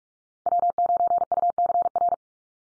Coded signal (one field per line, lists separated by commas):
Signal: Morse code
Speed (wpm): 44 wpm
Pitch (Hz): 700 Hz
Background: none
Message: W9UCR